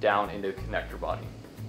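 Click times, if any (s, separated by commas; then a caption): none. A red terminal position lock on a plastic USCAR fuel injector wiring connector is handled before being pressed down into the connector body to lock the terminals. Someone talks over music. Nothing has seated or clicked yet.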